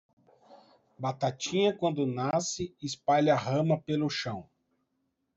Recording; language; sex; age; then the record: short text; Brazilian Portuguese; male; 40 to 49 years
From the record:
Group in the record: control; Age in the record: 46 years